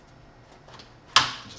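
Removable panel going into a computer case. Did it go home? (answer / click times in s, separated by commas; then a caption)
yes / 1.2 s. A removable panel is pushed shut on a Cooler Master HAF XB EVO computer case that has a Jambox portable speaker sitting loose inside. After a quiet stretch with faint low hum and a few soft shuffles, a sharp, bright click hits at 1.2 s and rings out over the next few tenths of a second. The panel clicks into place and is seated.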